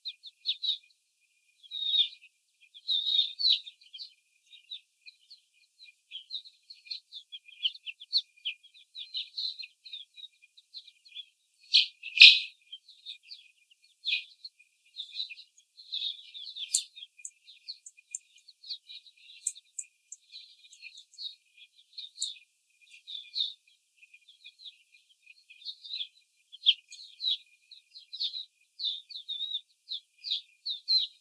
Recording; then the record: young laying hens in a cage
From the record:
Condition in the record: before the stressor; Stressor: simulated dog barking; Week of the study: 4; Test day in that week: 3